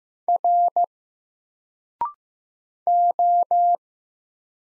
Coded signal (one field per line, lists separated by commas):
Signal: Morse code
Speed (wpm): 15 wpm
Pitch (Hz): 700 Hz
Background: none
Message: R O